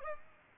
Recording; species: mosquito wingbeat signal from an infrared sensor; Aedes aegypti